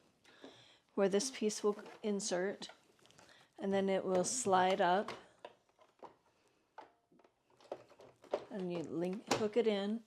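Someone talks while the connector piece of a Brother PE770/PE900 embroidery unit is lined up with the hole in the sewing machine base and slid up along the machine into position, ready to be hooked in. Faint scraping and tapping handling sounds come between the speech. Nothing has seated or clicked yet.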